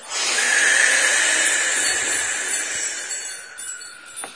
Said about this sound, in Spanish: El viento soplaba muy fuerte.